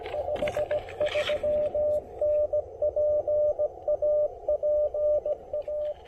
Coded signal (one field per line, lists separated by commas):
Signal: Morse code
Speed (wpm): 17 wpm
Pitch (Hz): 590 Hz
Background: radio noise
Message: 53N PA PA